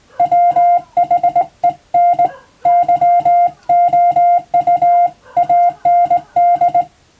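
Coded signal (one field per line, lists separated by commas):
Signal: Morse code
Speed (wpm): 20 wpm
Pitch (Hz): 700 Hz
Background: music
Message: WHEN YOU AND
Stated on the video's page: Morse code reception practice for the radiotelegraph operator national exam, using telegram practice texts.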